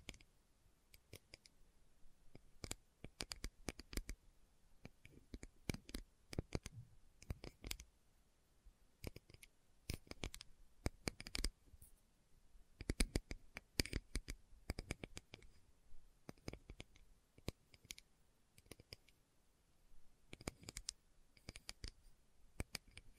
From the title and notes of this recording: ASMR Slow Tapping for Deep Sleep (No Talking).